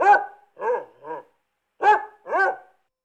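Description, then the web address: Basset Hound barking: five short, full, resonant barks in two groups with a brief pause between. "dog bassett hound barking"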